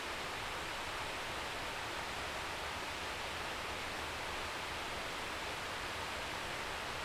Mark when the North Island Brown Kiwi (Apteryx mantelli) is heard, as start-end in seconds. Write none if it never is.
none